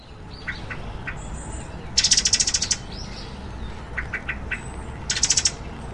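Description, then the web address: Pale thrush calls: short thin notes with two harsh, buzzy rattling bursts of rapid pulses. Recorded in Taiwan. "白腹鶇"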